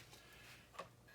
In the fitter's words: and it plugs into a little receptacle under here with a satisfying click as it engages with the magnet